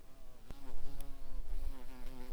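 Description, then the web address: Garden bumblebee buzz: a droning hum rich in harmonics, wavering slightly in pitch. Queens. "bumblebees Hortorum-queens"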